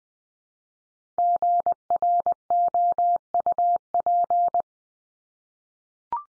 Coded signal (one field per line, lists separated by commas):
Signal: Morse code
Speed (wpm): 20 wpm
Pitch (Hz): 700 Hz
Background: none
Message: GROUP